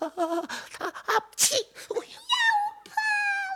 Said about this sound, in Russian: Я упал, подними меня. Вот не будешь в другой раз прыгать на мой нос. Я чихнула, вот ты и вылетел из конуры.